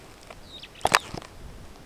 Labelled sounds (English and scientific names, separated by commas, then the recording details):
Superb Starling (Lamprotornis superbus) flight call
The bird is a male
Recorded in Kenya on 27 May 2010
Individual 83, of group SRB1